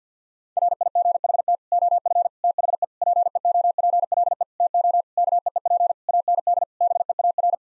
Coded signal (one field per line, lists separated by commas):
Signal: Morse code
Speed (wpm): 50 wpm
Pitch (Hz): 700 Hz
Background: none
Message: RIGHT OF THE PEOPLE TO KEEP AND BEAR